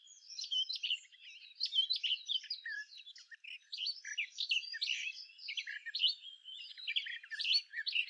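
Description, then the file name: Eurasian blackcap giving a fast, scratchy warble of varied chirps and twitters through the whole stretch. "Sylvia atricapilla"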